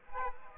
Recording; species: mosquito wingbeat signal from an infrared sensor; Aedes aegypti